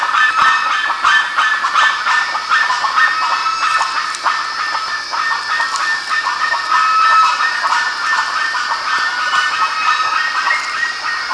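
Bird calls from many individuals, rough overlapping notes forming an unbroken babble, occasional brief whistle-like tones.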